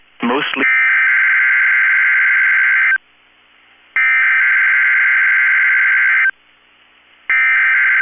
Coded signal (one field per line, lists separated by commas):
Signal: Emergency Alert System (SAME) tones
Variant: header bursts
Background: speech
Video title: 4/26/23 - KEC65 Required Weekly Test (EAS #764)